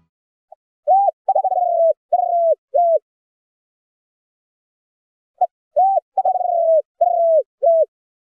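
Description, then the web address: Spotted dove cooing: two phrases of short hollow coos with a rough, rolling middle note, separated by a pause of a few seconds; no other sounds. Spotted dove calling to its flock in the song style called 'giọng chuông thổ đồng'. "Tieng chim Cu gay giong chuong tho dong. tieng chim cu gay giong tho chuong dong goi bay"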